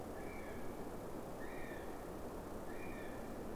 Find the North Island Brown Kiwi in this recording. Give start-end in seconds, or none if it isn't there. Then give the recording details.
0.00-3.55. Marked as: faintness 3/5. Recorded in New Zealand on 5 November 2015. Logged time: 22:59. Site CQ72